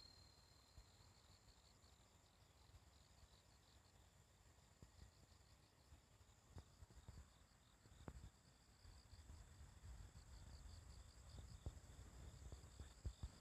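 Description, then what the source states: Bell cricket song, repeated high pulsed trills throughout, with a steady insect hum and occasional sharp clicks growing more frequent later. Morning, on a riverside walking path; the recordist wonders whether these are the last bell crickets of the year.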